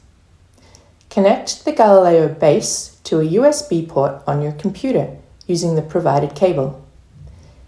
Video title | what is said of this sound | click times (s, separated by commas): MIC Pro Tips: Galileo Flow sensor user guide | You should feel it click into place thanks to the magnets. | 0.5 s, 0.8 s